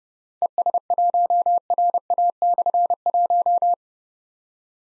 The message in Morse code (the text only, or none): ES1RA/1